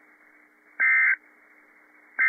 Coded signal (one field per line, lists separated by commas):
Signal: Emergency Alert System (SAME) tones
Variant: end-of-message bursts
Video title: PDS SVR & PDS TOR - EAS #1,253 & 1,254 - 3/25/15 7:02 PM